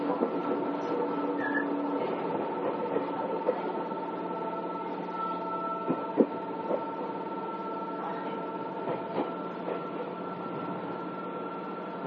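Inside an Izukyu 8000 series train running between Izu-kyu Shimoda and Ito, a steady low rumble fills the cabin with a constant mechanical hum and whine on top. Faint clicks and knocks from the track come every second or so, with a sharper jolt near six seconds.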